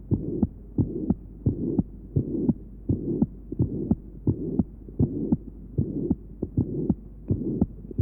Patient has mitral insufficiency. Note the grade 4/6 pansystolic murmur at the mitral area.